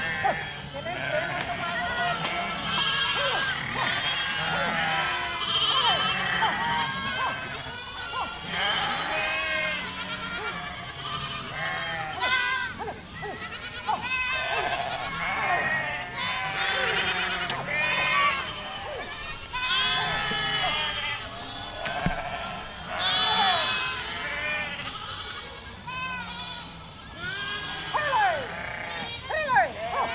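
Cows moo and call over one another for the whole half minute, a dense, unbroken chorus of wavering, bleat-like cries. A low steady drone runs beneath, and the loudness stays fairly even, with sharper peaks near 23 and 29 seconds.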